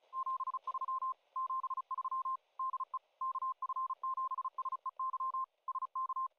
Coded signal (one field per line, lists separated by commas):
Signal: Morse code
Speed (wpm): 36 wpm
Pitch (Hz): 1050 Hz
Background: none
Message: 73 73 DE KF7SEY SK